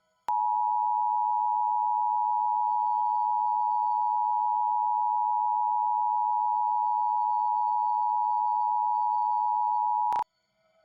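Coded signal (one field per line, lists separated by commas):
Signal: Emergency Alert System (SAME) tones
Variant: 853 and 960 Hz attention tone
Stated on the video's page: Simulated EAS scenario, audio made with text-to-speech voices on an iPod touch.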